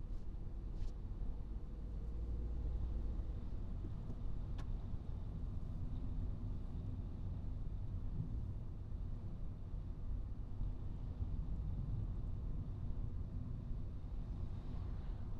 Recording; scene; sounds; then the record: everyday scene through a hearing-aid microphone; in a vehicle; engine, traffic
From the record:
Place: Skoda Fabia, gasoline engine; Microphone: in the ear canal, right